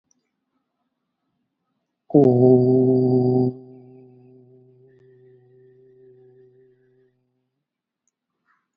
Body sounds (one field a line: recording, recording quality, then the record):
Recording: sustained vowel as in boot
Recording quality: excellent, no background noise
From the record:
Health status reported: COVID-19 positive, moderate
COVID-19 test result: positive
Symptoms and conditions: cough, breathing difficulty, fever, muscle pain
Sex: male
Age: 43 years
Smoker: not ticked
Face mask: worn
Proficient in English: yes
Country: India